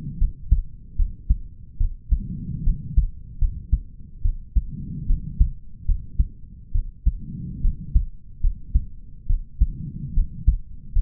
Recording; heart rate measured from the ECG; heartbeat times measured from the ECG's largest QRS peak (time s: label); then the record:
heart sounds by stethoscope; 73 bpm
0.18 s: heartbeat
0.96 s: heartbeat
1.77 s: heartbeat
2.63 s: heartbeat
3.38 s: heartbeat
4.22 s: heartbeat
5.06 s: heartbeat
5.85 s: heartbeat
6.72 s: heartbeat
7.61 s: heartbeat
8.41 s: heartbeat
9.26 s: heartbeat
10.14 s: heartbeat
10.92 s: heartbeat
From the record:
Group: healthy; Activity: rest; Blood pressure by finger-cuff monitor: 101/76 mmHg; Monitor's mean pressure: 83 mmHg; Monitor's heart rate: 71 bpm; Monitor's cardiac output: 5 L/min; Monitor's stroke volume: 70 mL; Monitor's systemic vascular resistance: 1210 dyn s/cm5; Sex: male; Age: 20 years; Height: 187 cm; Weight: 68.9 kg